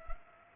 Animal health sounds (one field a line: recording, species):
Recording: mosquito wingbeat signal from an infrared sensor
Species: Culex pipiens